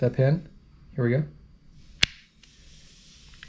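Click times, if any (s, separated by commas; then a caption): 2.0 s. Someone talks as the front takedown pin in the pistol lower receiver is pulled out. A sharp click at 2.0 seconds marks its spring detent engaging, and the pin is now locked in its pulled-out position and will go no further.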